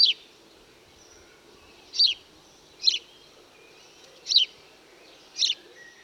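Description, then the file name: House sparrow giving five separate bright chirps, spaced about one to two seconds apart, over faint steady background noise. Recorded at Cowley, Gloucestershire, England. "House Sparrows (Passer domesticus)"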